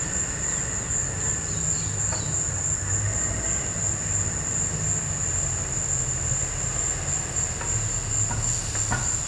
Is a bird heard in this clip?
yes